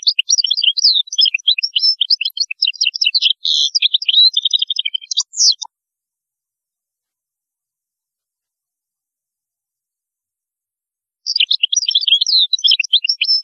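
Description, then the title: European goldfinch song: long, lively outpourings of rapid tinkling, buzzy twitters, silence, then the jangling chatter resumes. "Chant Chardonneret"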